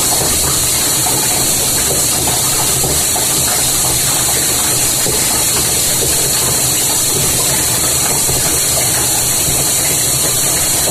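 A dishwasher runs with a steady rushing wash of water over a low pump hum, unchanging throughout, its hiss bright and constant.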